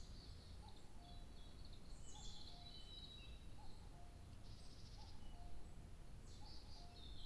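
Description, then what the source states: Bird song with short high twittering phrases, while a lower soft two-note call repeats regularly over a steady low rumble. 2 July 2023.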